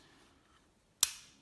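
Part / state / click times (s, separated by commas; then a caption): key fob battery cover case into fob housing / seated / 1.0 s. The two plastic halves of a Volkswagen Golf key fob case are pressed back together into the fob housing over the new coin battery. After a quiet stretch, one sharp, loud snap is heard at 1.0 seconds. The case clicks into place and is seated.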